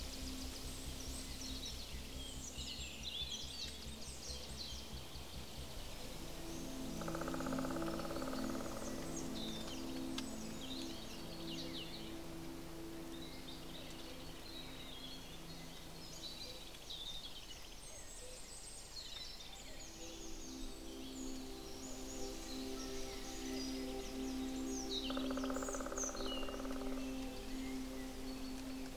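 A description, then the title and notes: Birds chirp and twitter through the woods almost the whole time, busy. Underneath runs a steady low hum with a droning tone that fades in around six seconds, drops away near seventeen, and returns from about twenty seconds on. A walk in the woods.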